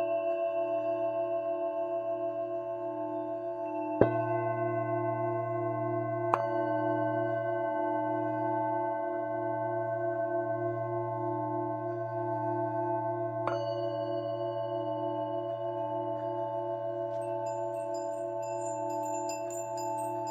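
Tibetan singing bowls ring in a sustained, layered drone, a low hum beneath several steady ringing tones that slowly pulse and beat. Fresh strikes land at about 4, 6 and 13.5 seconds, each a sharp metallic tap that blooms into the wash, and faint bright chimes shimmer near the end.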